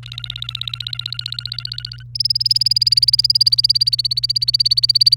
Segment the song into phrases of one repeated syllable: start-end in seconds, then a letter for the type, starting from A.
0.03-2.03 A, 2.15-5.17 B